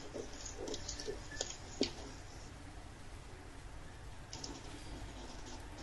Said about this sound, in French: Il pleut vraiment ici. Hein? Vraiment.